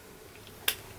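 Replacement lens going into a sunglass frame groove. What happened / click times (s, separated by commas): The lens snapped into the frame / 0.7 s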